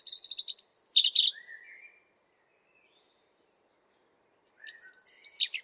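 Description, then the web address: European robin song with two phrases separated by a long pause, each mixing high sweet notes and quick trills, the first ending in a thin drawn-out whistle, on an otherwise silent background. "geluiden roodborst zang"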